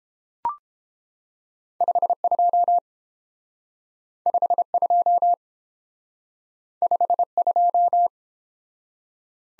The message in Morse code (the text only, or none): 52 52 52